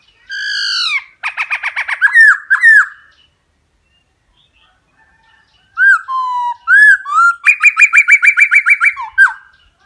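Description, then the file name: Laughingthrush song in loud bursts: clear whistled slurs mixed with fast runs of sharp repeated notes, falling and rising phrases, and a pause in the middle. Song in the 'giọng rừng' (wild voice) style. "Tieng khuou hot giong rung"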